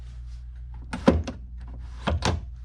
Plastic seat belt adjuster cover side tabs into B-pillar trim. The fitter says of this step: make sure the side ones are in and secure hear that click again